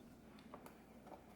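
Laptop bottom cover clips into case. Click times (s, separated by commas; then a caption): 0.5 s, 0.7 s. The plastic bottom cover of a 13-inch white unibody MacBook (late 2009–mid 2010) is pressed back onto the case so its three clips lock in. Two short, quiet clicks are heard at 0.5 and 0.7 seconds over a low background. The cover snaps back into place and is seated.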